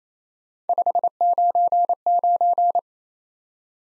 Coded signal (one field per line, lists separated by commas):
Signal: Morse code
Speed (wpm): 28 wpm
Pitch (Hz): 700 Hz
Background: none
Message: 599